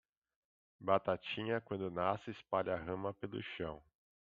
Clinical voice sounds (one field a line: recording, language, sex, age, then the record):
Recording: short text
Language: Brazilian Portuguese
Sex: male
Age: 40 to 49 years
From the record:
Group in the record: control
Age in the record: 43 years